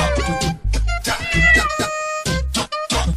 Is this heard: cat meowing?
yes